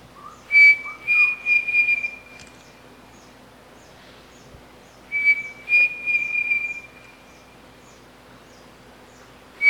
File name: canto do peixe frito pavonino